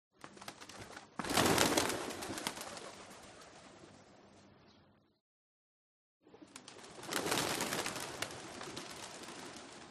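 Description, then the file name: Pigeon flock taking off: a sudden burst of clattering, fluttering wingbeats that fades slowly, a second of silence, then another burst of flapping wings that trails away. A flock of pigeons rising softly into flight. "smartsound ANIMAL BIRD Pigeons"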